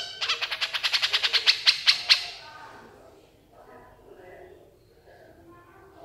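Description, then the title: Horsfield's bush lark song: a fast run of sharp rattling pulses for about two seconds, then faint soft chattering notes. Branjangan singing energetically and continuously (gacor), used to train songbirds (masteran). "MASTERAN AMPUH KICAUAN BRANJANGAN SUPER GACOR"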